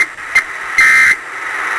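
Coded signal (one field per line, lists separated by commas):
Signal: Emergency Alert System (SAME) tones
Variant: end-of-message bursts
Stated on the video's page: First nationwide EAS test, recorded off WAVY-TV 10 with the recorder held very close to the TV.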